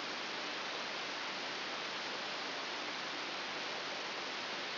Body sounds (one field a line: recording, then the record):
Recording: brain microelectrode recording played as sound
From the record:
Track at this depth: outside the subthalamic nucleus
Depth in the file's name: 7.001 mm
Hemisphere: right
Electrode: 3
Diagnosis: Parkinson's disease